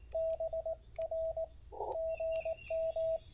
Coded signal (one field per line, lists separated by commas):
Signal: Morse code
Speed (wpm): 18 wpm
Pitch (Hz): 650 Hz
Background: radio noise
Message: BR GM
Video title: #POTA Spring 2024 Support Your Parks CW Activation and CaHRtenna Poseidon review